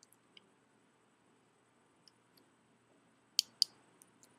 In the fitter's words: So you have to hear the clicking sound to ensure that you have successfully inserted the SIM